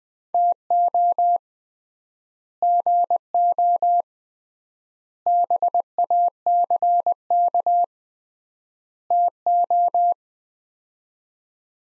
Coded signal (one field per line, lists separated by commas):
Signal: Morse code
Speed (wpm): 21 wpm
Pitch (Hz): 700 Hz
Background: none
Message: TO GO BACK TO